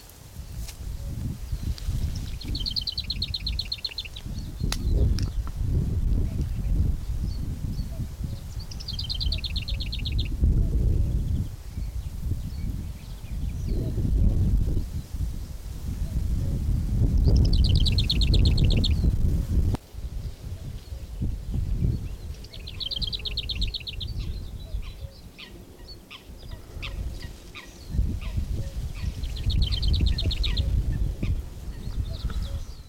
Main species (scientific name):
Sylvia curruca